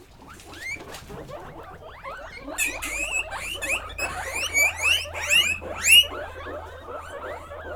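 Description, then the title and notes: Guinea pigs squealing and chirping, many rising whistled squeaks overlapping in a busy chorus, louder shrill bursts toward the end, with a low steady hum beneath. Guinea pig (cuy) pen, during a sound residency on traditional kitchens in Pujilí, Ecuador, 2019. "Yanuna_Paisajes. CORRAL_CUY. Sonidos grabados durante la residencia "Yanuna de sonidos, Laboratorio de experimentación y creación sonora alrededor de las cocinas tradicionales de Pujilí." en Pujilí - Ecuador 2019"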